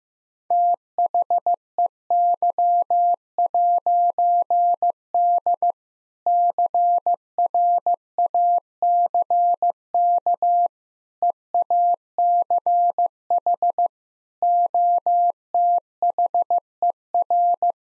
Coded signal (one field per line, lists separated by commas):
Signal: Morse code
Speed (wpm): 16 wpm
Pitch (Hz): 700 Hz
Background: none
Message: THEY'D CRACK EACH OTHER